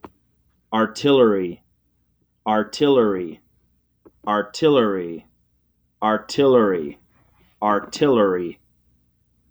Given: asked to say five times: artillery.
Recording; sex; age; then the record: repeated word; male; 40 to 49 years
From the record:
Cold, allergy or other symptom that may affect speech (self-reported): no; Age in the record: 43 years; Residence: Wyoming, United States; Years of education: 16